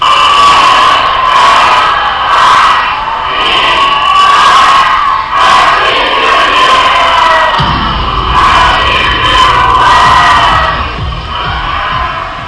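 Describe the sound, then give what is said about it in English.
A huge crowd of some 380,000 people cheers and shouts nonstop through the 2014 New Year fireworks display over Victoria Harbour, Hong Kong. Repeated sharp bursts punctuate the roar, and a deeper rumble joins midway as the celebration stays loud throughout. “Last night, Hong Kong ushered in 2014 with a fireworks display in Victoria Harbour, watched by some 380,000 people.”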